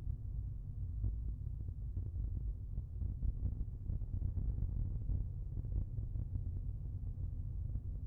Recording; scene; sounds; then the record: everyday scene through a hearing-aid microphone; in a vehicle; engine, rumble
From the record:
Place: Skoda Fabia, gasoline engine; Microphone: behind the ear, left, rear